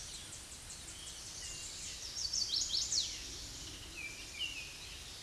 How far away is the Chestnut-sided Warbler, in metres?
about 20 m